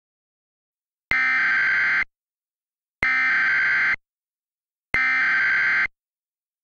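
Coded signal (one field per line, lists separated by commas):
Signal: Emergency Alert System (SAME) tones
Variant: header bursts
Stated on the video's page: Mock EAS administrative message about a weather office outage.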